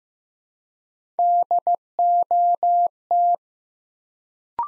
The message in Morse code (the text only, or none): DOT